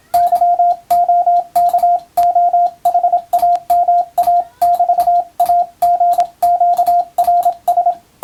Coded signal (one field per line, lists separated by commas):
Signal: Morse code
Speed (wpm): 27 wpm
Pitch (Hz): 700 Hz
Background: radio noise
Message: YOKOHAMA<BT>AGQRS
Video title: モールスＣＷトレーニング用、YouTubeの再生速度を調整して自分のスピードで練習してみよう！総合無線通信士試験の練習です。(morse code practice radio operator )